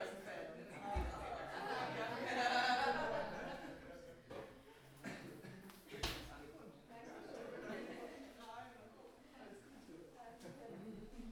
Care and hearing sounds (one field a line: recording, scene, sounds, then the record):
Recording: everyday scene through a hearing-aid microphone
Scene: many people talking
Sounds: many voices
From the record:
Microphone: behind the ear, right, rear